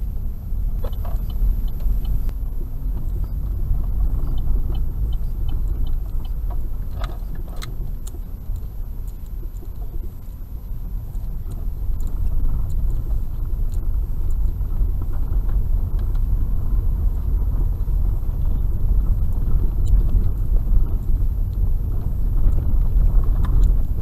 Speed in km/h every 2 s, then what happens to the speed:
7, 10, 12, 11, 11, 10, 12, 13, 14, 15, 15, 16.
0-24 speeds up to 16.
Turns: 7-10.